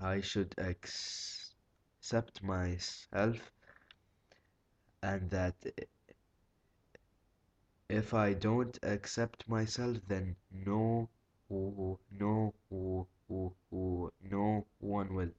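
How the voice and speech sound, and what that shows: Adult male speech with mid to severe stuttering: a block in the middle of a word, long pauses between words, and rapid repeated 'who... no' syllables.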